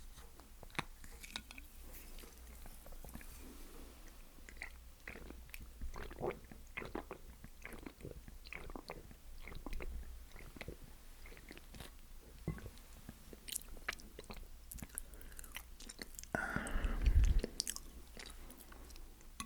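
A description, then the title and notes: Steady chewing and crunchy bites of fried food, with a louder rustle or thump near seventeen seconds. ASMR KFC MUKBANG Zinger Burger, BBQ Bites, Snack Box.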